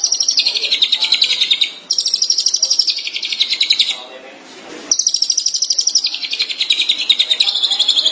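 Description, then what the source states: Shrike song: three runs of fast, high chatter, the last two separated by a pause with faint background noise. Dated March 2017.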